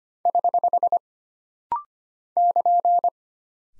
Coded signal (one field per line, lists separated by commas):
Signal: Morse code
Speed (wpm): 25 wpm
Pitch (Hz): 700 Hz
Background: none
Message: <HH> <KN>